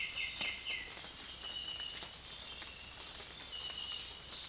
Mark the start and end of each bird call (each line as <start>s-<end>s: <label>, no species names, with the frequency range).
0.00s-0.99s: bird call (1.3-4.0 kHz)